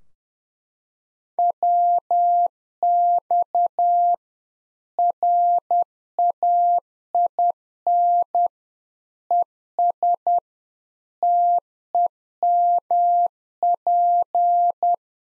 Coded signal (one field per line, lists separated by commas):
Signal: Morse code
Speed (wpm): 10 wpm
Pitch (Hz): 700 Hz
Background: none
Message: WX RAIN ES TEMP